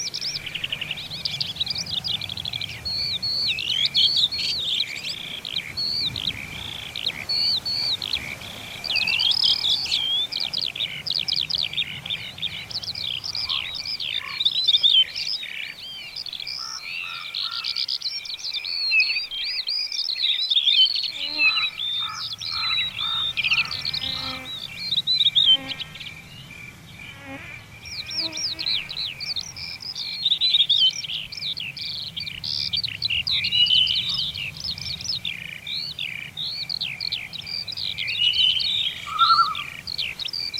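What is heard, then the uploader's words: A summer village soundscape filled with a dense, continuous chorus of high chirping birds that runs the whole time. Beneath it is a low rumbling murmur that drops away around 17 to 22 seconds, while scattered lower calls or croaks appear near the middle. Summer in a village.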